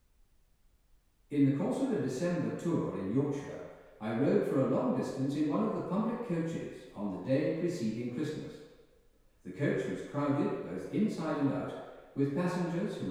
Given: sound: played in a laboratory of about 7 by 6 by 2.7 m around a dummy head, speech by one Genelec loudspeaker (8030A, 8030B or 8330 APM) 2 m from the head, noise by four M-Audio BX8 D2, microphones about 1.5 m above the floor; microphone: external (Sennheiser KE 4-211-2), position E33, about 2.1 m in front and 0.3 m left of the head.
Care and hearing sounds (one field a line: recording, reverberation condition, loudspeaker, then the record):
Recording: male speech in English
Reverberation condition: high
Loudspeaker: 90 degrees to the right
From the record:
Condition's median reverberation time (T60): about 1300 ms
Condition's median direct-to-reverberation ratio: about -4.0 dB